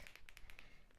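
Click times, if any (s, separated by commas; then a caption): 0.3 s. A plastic cap is closed onto an aromatherapy inhaler tube after drops of oil are added, giving a quick burst of six small, bright tapping hits. The strongest hit, at 0.3 s, is the cap clicking shut and seating fully.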